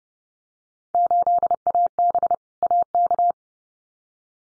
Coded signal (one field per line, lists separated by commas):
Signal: Morse code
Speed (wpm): 30 wpm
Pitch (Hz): 700 Hz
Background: none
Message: 8AB AK